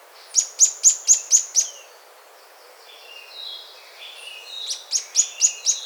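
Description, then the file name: Bird calling in a quick series of high, sharp chirps, six in a row, then softer lower whistles, then another fast run of high notes. "SABIOD 50 bird 2015"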